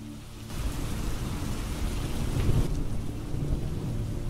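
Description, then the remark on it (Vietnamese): Heavy rain pours in a steady hiss while deep, rumbling thunder rolls underneath, swelling louder toward the middle before easing slightly. No voices are heard. “Trên bầu trời cơn mưa vần vũ cùng với tiếng sấm sét tựa như là tiếng trống trận đến đinh tai nhức óc.”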